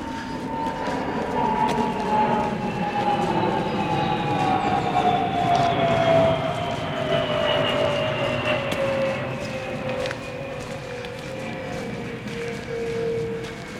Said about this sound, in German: So, da schmiert jetzt ein Flugzeug ab.